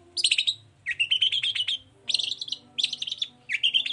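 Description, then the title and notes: Long-tailed shrike song: scratchy, chattering bursts in short phrases separated by brief gaps. Morning song with full "toet toet" variations from a constantly singing (gacor) bird, used as a lure to provoke other long-tailed shrikes to answer. "Langsung NYAUTTTTT ! Cendet Gacor Dor Di Kala Pagi Toet Toet Variasi Suara. Pancingan Emosi Cendet Gacor Full Variasi Toet Toet Bikin Nyaut Cendet Lain Langsung Ikutan Bunyi. Burung cendet"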